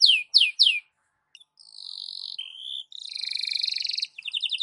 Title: Canto Para Esquentar Canário Belga. SUARA BURUNG KENARI DI PAGI HARI COCOK BUAT MASTERAN